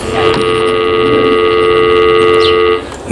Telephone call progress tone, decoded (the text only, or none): dial tone